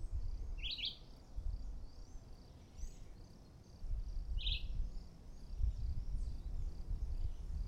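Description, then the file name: Red-eyed vireo singing two brief warbled phrases a few seconds apart over a low rumbling background, with faint high chirps from other birds. Recorded at Nazaré on 21-09-13; local name juruviara. "Juruviara Vireo olivaceus-1 Nazare Pta 21-09-13"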